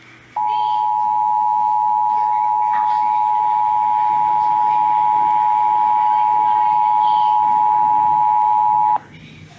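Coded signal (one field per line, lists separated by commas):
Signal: Emergency Alert System (SAME) tones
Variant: 853 and 960 Hz attention tone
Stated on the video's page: Severe Thunderstorm Warning relayed on WBAP-AM and KSCS-FM for Eastland, Erath and Palo Pinto Counties.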